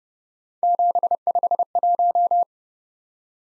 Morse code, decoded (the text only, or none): 751